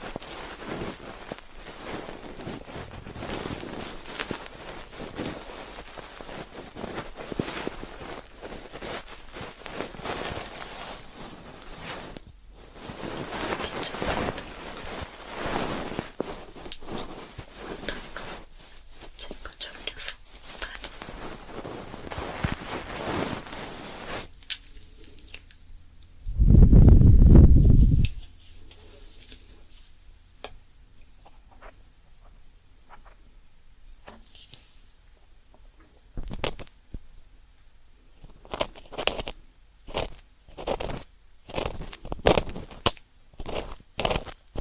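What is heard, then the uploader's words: Ear cleaning with a feather pick: soft, dense brushing and rustling scrapes fill the first 25 seconds. After a loud low rumble around 26–28 seconds, the sound thins into sparse, short scratches and taps that grow more frequent toward the end. Ear cleaning. 3DIO 마이크를 이용한 귀청소!! 앞에는 속닥속닥 수다 많이떨구 뒤에는 점점 말이 줄어갑니다! Feather pick (솜털귀이개).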